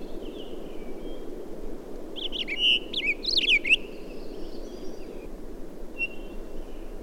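Townsend's solitaire song: a short burst of rich, tumbling warbled notes with quick up-and-down slurs midway, softer thin whistles around it, over a steady low rumble.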